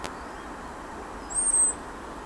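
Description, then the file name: European robin uttering a single thin, very high, drawn-out whistle near the end, level in pitch, against soft continuous background noise. "Erithacus rubecula"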